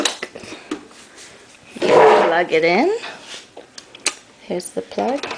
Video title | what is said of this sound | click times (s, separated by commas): New Recipe! Cuisinart Soft Serve Ice Cream Maker - Strawberry Ice Cream (homemade) | you put the feeder in make sure it clicks in hug | 0.1 s